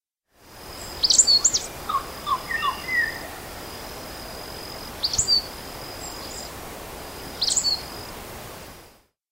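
Red-collared myzomela calls: three short clusters of sharp, very high chipping notes a few seconds apart, with a few lower whistled notes early on over steady background hiss.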